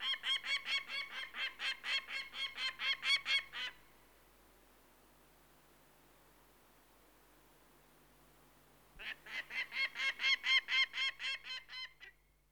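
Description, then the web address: Peregrine falcon uttering two bursts of grating, repeated kak notes, separated by several seconds of quiet. "The BBC Sound Effects Library. Peregrine Falcon"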